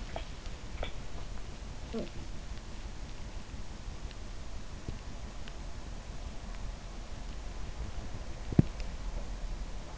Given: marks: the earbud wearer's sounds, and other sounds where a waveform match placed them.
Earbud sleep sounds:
sounds in sleep by an in-ear microphone; talking in sleep
0.00-2.36 s: talking in sleep

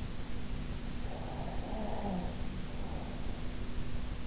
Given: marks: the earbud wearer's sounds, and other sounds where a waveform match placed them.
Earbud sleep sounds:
sounds in sleep by an in-ear microphone; breath
0.99-3.59 s: breath

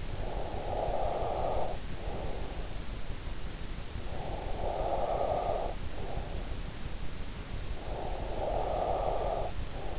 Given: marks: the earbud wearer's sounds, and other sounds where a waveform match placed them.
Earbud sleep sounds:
sounds in sleep by an in-ear microphone; breath
0.00-2.79 s: breath
3.79-6.43 s: breath
7.82-9.98 s: breath

